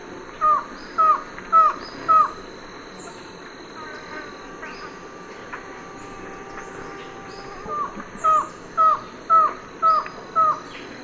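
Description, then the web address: White-shouldered antshrike gives two series of soft, arched notes, four then six, paced roughly twice a second. Recorded in the eastern lowlands of South America. "Natures Songs S America Eastern Lowlands. White-shouldered Antshrike"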